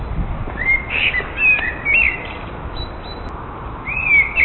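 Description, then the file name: Common blackbird song: short fluty phrases and chuckling notes, a pause, then a rising whistled phrase, over steady low background rumble. "Amsel"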